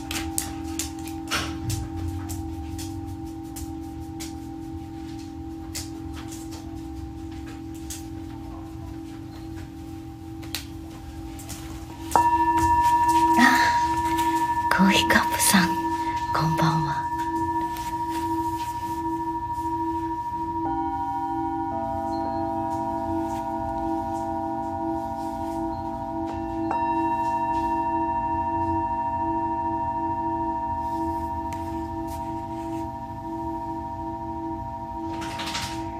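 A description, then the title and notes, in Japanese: Singing bowls ring in long, steady sustained tones, with new strikes near 12, 22 and 27 seconds, a few soft knocks, and a low hum beneath. メキシコから シンギングボウルのサウンドヒーリング ライブ。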